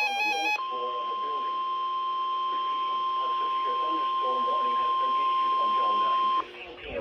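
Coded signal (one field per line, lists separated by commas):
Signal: Emergency Alert System (SAME) tones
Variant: 1050 Hz attention tone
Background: speech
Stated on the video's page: Real EAS weather alerts, including watches and warnings, received on weather radios from three NOAA Weather Radio stations.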